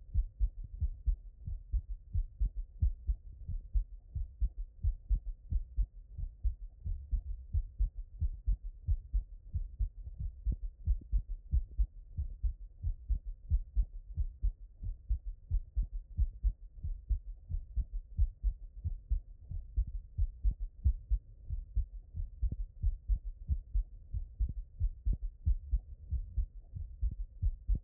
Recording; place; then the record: heart sounds by stethoscope; mitral valve (MV)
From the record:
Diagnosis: non-HFrEF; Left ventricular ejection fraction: 45%